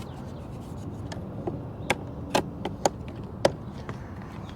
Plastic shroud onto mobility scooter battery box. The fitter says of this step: put it down in and then you just simply push down until you hear it click